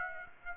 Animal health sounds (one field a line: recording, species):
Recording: mosquito wingbeat signal from an infrared sensor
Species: Aedes aegypti